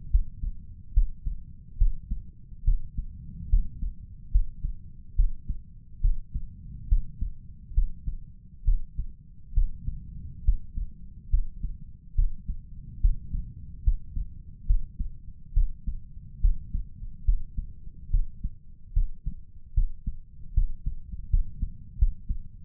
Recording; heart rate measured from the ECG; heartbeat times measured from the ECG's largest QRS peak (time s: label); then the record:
heart sounds by stethoscope; 71 bpm
0.10 s: heartbeat
0.93 s: heartbeat
1.77 s: heartbeat
2.64 s: heartbeat
3.49 s: heartbeat
4.31 s: heartbeat
5.15 s: heartbeat
6.01 s: heartbeat
6.88 s: heartbeat
7.74 s: heartbeat
8.64 s: heartbeat
9.54 s: heartbeat
10.44 s: heartbeat
11.30 s: heartbeat
12.15 s: heartbeat
13.00 s: heartbeat
13.83 s: heartbeat
14.66 s: heartbeat
15.53 s: heartbeat
16.40 s: heartbeat
17.24 s: heartbeat
18.10 s: heartbeat
18.93 s: heartbeat
19.74 s: heartbeat
20.53 s: heartbeat
21.29 s: heartbeat
21.98 s: heartbeat
From the record:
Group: healthy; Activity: rest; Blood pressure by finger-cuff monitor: 141/87 mmHg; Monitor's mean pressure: 107 mmHg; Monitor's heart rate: 71 bpm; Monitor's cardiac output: 5.5 L/min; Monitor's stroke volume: 79 mL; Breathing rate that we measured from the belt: 18 breaths a minute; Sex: male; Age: 35 years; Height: 178 cm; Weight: 64 kg